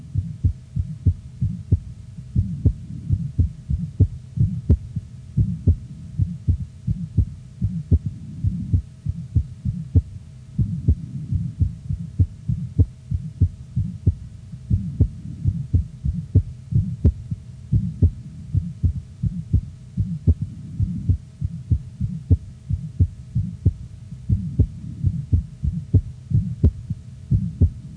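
Fast heartbeat in a toddler with a soft, low humming systolic murmur, an innocent Still's murmur.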